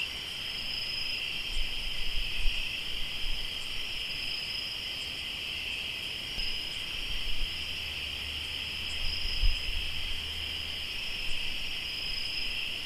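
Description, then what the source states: Cricket: continuous shrill chorus of crickets, trilling evenly on two high bands, with a low droning hum appearing midway and scattered low bumps. Crickets recorded in Tlayacapan, Morelos.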